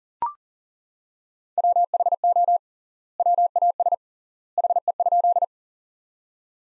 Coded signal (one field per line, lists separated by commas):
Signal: Morse code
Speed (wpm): 40 wpm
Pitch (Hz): 700 Hz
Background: none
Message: WHO WAS HE?